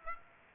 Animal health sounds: mosquito wingbeat signal from an infrared sensor; Aedes aegypti

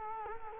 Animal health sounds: mosquito wingbeat signal from an infrared sensor; Culex quinquefasciatus

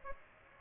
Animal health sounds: mosquito wingbeat signal from an infrared sensor; Aedes aegypti

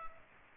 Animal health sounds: mosquito wingbeat signal from an infrared sensor; Culex pipiens

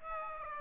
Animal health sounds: mosquito wingbeat signal from an infrared sensor; Aedes aegypti

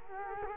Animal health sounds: mosquito wingbeat signal from an infrared sensor; Culex quinquefasciatus

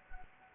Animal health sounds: mosquito wingbeat signal from an infrared sensor; Anopheles arabiensis

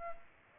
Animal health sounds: mosquito wingbeat signal from an infrared sensor; Aedes aegypti

